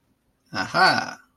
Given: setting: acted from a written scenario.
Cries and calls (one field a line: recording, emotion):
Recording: vocal sound without words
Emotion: realization